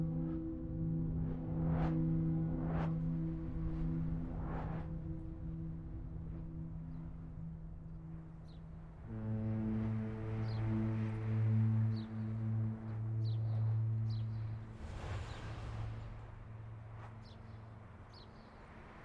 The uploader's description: The fast “swooshes” are cars driving by at 60x speed; buses and sidewalk sounds are presented at 20x and 10x speed, while other sounds play in real time.